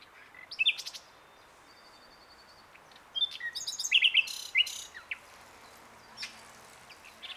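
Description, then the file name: Common nightingale song, scattered notes then a burst of rattling and sharp chirps midway, over a steady hiss of background noise. "Luscinia megarhynchos"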